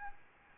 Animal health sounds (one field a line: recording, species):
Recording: mosquito wingbeat signal from an infrared sensor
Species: Aedes albopictus